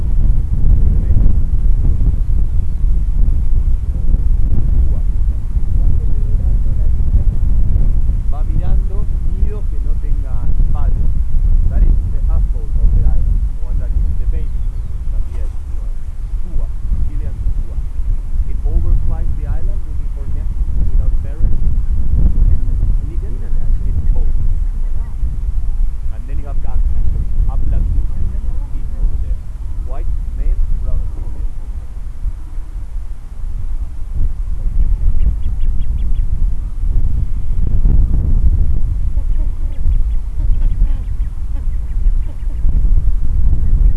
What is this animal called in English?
Gentoo Penguin